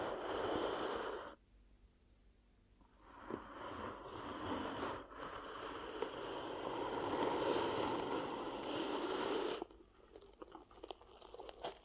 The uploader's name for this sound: ASMR 10 Ear Cupping Triggers